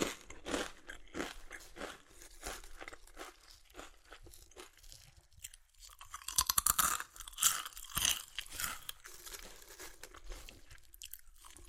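Chips are crushed and chewed in a steady run of sharp, crackly crunches, several each second, with bright splintering detail. Around six to eight seconds the crunching grows louder and denser, then settles back into quieter, irregular bites and crinkles.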